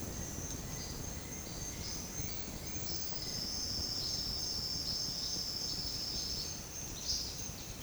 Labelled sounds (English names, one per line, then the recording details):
none
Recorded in secondary vegetation near Puerto Asís, Putumayo, Colombia, on 18 February 2024 at 08:00
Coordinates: 0.468, -76.324
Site G6381